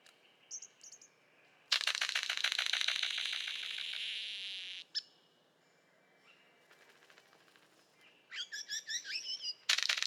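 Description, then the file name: Golden bowerbird with a few soft chirps, then a harsh, fast buzzing rattle lasting about three seconds, later a burst of rapid twittering notes and another rattle at the end. "Prionodura Newtoniana"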